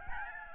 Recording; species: mosquito wingbeat signal from an infrared sensor; Aedes albopictus